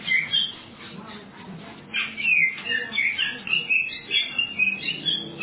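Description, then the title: Oriental magpie-robin singing: after a brief note and a pause, a lively stream of sharp whistles and scratchy twitters that continues without a break. "Kacer"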